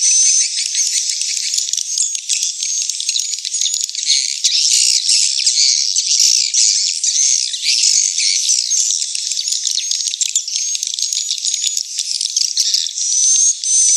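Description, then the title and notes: Swiftlet twittering calls, a dense, continuous high chatter of buzzy chirps and thin whistled notes throughout. Swiftlet house lure sounds, AKAU brand, Tien Giang, Vietnam. "Am thanh nha yen Akau Vietnam - Tien giang. Những âm thanh chim yến thuộc thương hiệu AKAU"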